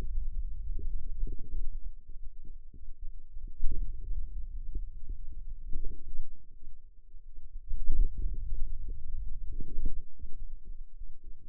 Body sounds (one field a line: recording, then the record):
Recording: forearm muscle sounds (acoustic myography)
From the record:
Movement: hand opening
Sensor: system 2, bracelet of six BSWA MPA416 microphones around the upper forearm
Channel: 5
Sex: female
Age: 21 years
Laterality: right